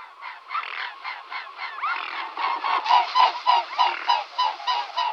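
Mute swan giving short nasal calls repeated about three times a second in a steady series, with a brief rising note near the middle.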